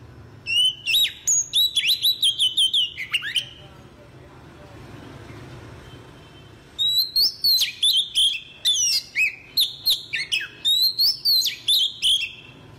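Oriental magpie-robin song in two bursts of rapid whistled and chirping notes, separated by a few seconds of quiet background hiss.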